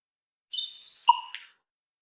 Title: Common Raven - Twitter-Pops and Beak Snaps